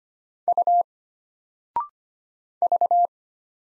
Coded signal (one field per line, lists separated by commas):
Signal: Morse code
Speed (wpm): 25 wpm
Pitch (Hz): 700 Hz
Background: none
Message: U V